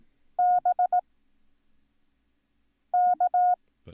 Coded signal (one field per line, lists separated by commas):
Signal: Morse code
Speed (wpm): 18 wpm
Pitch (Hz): 720 Hz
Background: speech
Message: B K